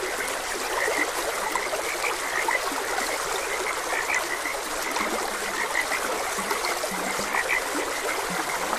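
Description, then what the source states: Croaking frogs give rapid repeated notes, joined later by several low, longer croaks, while a stream flows steadily underneath. Frogs croaking beside a gentle stream, ambient nature sounds.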